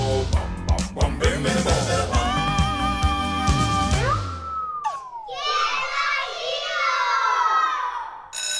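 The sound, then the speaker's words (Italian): A loud, continuous din of many children shouting and squealing at play during recess, with overlapping high-pitched voices, sudden sliding cries and bursts of excited chatter throughout. “E ora, bambini, ricreazione!”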